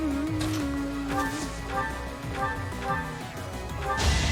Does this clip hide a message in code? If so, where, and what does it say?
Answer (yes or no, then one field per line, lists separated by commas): no